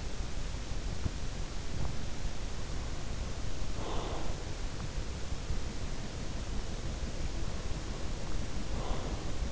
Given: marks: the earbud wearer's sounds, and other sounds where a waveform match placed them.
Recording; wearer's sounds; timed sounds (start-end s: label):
sounds in sleep by an in-ear microphone; breath
3.47-4.55 s: breath
8.30-9.51 s: breath